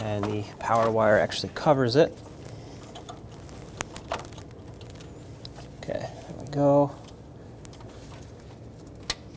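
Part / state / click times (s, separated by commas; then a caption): wiring harness connector into the alternator / seated / 9.1 s. A rear plastic wiring harness connector is plugged back into the new alternator on a 2012-2020 Nissan Pathfinder. Someone talks early on, followed by faint handling and small ticks. A sharp click at 9.1 s marks the connector seating and locking in.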